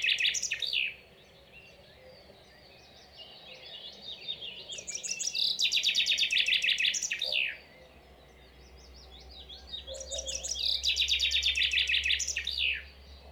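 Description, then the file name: Common chaffinch singing: a phrase ends at the start, then two full trilled phrases ending in a flourish, about five seconds apart. "Fringilla coelebs"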